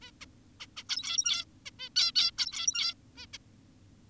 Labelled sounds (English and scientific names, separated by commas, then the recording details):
Zebra Finch (Taeniopygia guttata)
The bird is an adult
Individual g17y2U